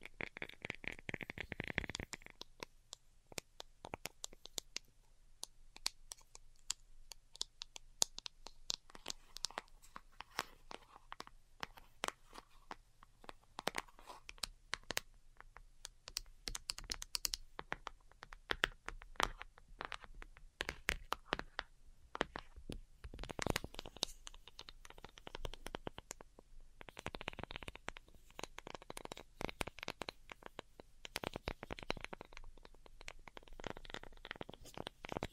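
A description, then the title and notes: Delicate tapping, quick light taps on a hard surface that come in dense, irregular bursts and clusters for the whole stretch. Taps thicken around the middle and again near the end. A soft low hum sits underneath, with a brief smoother sound in the first two seconds. ASMR DELICATE Tapping for Sleep (No Talking).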